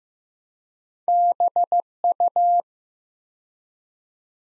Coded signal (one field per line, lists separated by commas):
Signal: Morse code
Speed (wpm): 15 wpm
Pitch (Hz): 700 Hz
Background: none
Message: BU